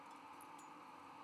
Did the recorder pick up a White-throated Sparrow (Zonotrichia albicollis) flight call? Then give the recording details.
no. No flight call is heard. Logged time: 01:29 on 17 November 2014